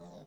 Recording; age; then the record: pig call; piglet (1 to 25 days)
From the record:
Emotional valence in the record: negative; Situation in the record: long isolation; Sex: female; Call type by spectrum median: low-frequency call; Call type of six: low-frequency stable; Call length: 0.28 s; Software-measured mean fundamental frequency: 57 Hz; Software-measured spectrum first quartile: 202 Hz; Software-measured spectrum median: 451 Hz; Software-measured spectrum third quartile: 787 Hz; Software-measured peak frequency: 179 Hz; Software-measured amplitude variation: 93 dB a second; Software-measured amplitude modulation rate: 23.4 a second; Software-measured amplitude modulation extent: 4.0 dB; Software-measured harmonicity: 0.9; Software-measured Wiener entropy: 0.05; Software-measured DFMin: 1168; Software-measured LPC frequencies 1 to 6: 594, 3780, 4793, 5605, 6999, 9477 Hz